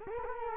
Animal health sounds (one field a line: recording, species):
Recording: mosquito wingbeat signal from an infrared sensor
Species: Culex quinquefasciatus